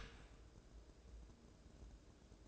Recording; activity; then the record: daily activity, microphone in the room; open dishwasher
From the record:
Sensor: 2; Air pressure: 1012.2 hPa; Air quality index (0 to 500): 134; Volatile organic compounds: 2 ppm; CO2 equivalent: 989 ppm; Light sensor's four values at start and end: 308/754/306/312 and 309/756/307/313